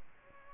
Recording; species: mosquito wingbeat signal from an infrared sensor; Aedes albopictus